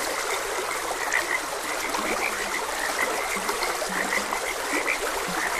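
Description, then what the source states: Frogs croaking in short low notes, several scattered throughout, with a chorus of bright chirping calls above, all over the steady rush of flowing water. Frogs croaking beside a gentle stream.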